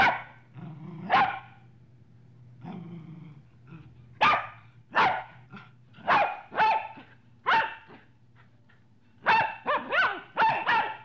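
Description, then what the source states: Dog barks in irregular bursts, single and paired, with a low hum running underneath throughout. Medium-sized dog.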